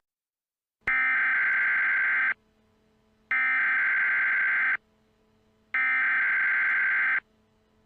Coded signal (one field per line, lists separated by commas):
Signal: Emergency Alert System (SAME) tones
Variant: header bursts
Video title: EAS Scenario 23: Black hole (March 1st! special)